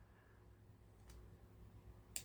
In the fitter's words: They snap open.